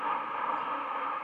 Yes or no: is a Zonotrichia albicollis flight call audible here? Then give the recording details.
no. Another species' flight call is heard. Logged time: 01:28 on 31 October 2014